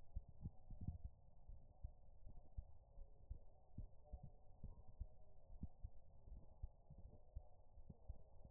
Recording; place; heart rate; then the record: heart sounds by stethoscope; pulmonary valve (PV); 73 bpm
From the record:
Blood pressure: 114/84 mmHg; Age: 31 years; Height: 150 cm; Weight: 67 kg